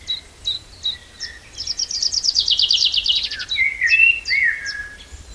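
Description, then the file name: Common chaffinch song: a rattling, descending trill of about two seconds ending in a flourish, with spaced high notes before it and lower whistled notes after. "Fringilla coelebs"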